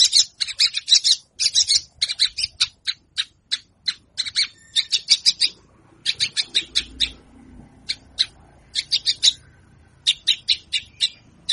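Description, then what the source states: Javan bush lark singing, a rapid run of sharp high chirps in quick bursts, with short pauses before the chattering resumes. Local name branjangan; song described as super isian istimewa, an excellent filled song.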